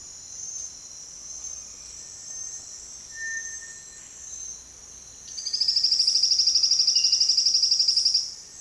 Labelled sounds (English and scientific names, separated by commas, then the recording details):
Cinereous Tinamou (Crypturellus cinereus)
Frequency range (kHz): Cinereous Tinamou (Crypturellus cinereus) 1.3-2.3 kHz
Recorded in dense forest near Puerto Asís, Putumayo, Colombia, on 22 June 2025 at 07:30
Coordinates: 0.468, -76.322
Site GP03